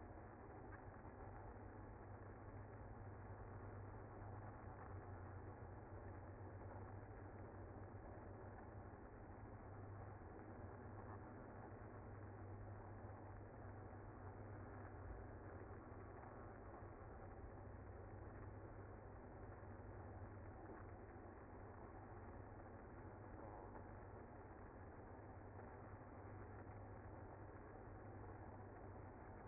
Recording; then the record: honeybee colony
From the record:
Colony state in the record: active